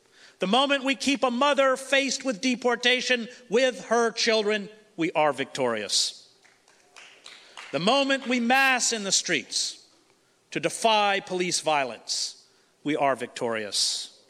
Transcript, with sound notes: The moment we keep a mother faced with deportation with her children, we are victorious.
[single clap]
The moment we mass in the streets to defy police violence, we are victorious.